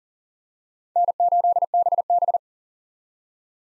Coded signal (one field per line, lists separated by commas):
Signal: Morse code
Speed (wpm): 37 wpm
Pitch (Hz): 700 Hz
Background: none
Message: N8BB